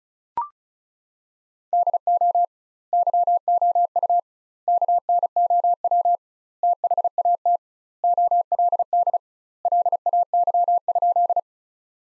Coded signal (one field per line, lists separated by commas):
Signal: Morse code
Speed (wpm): 34 wpm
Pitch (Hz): 700 Hz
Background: none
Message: DO YOU KNOW THAT OLD LAY?